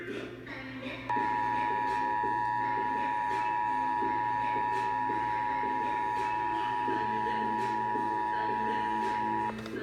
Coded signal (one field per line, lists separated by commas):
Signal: Emergency Alert System (SAME) tones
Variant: 853 and 960 Hz attention tone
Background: speech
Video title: EAS #42 Severe Thunderstorm Warning